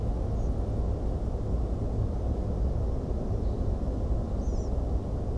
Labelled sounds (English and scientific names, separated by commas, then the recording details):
European Pied Flycatcher (Ficedula hypoleuca)
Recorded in France